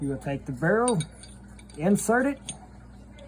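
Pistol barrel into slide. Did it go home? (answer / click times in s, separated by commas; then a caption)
no / none. A Taurus G2C pistol barrel is handled and inserted into the slide during reassembly, with faint metallic jangling under someone talking. Nothing has seated or clicked yet; the barrel is not yet home when the clip ends.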